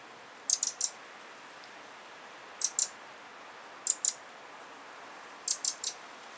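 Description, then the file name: Eurasian wren calls: sharp, very high clicking ticks in tight clusters of two or three, repeated at irregular intervals. "Troglodytes troglodytes"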